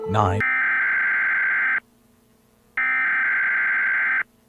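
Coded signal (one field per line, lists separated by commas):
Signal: Emergency Alert System (SAME) tones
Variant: header bursts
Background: speech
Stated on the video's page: Fictional EAS scenario based on Half-Life 2's Seven Hour War, heard as if on a TV left on.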